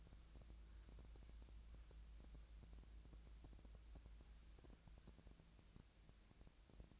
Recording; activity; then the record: daily activity, microphone in the room; wipe stove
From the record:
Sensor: 2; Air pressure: 1000.3 hPa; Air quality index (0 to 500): 160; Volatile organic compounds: 3 ppm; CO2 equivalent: 1329 ppm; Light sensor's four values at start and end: 10/23/10/10 and 10/23/10/10